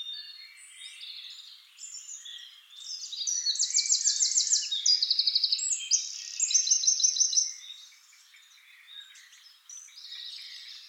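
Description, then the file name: Eurasian wren song: loud bursts of rapid, high trills and sharp chattering phrases tumbling together, then fading to softer high twitters. "Troglodytes troglodytes"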